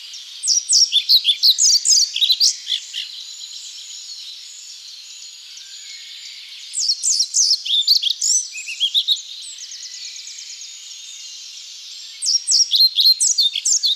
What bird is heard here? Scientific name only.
Ficedula hypoleuca